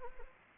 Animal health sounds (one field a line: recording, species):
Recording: mosquito wingbeat signal from an infrared sensor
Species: Anopheles arabiensis